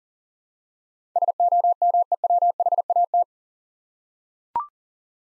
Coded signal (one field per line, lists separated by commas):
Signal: Morse code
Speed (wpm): 40 wpm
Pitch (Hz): 700 Hz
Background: none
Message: SOMEWHAT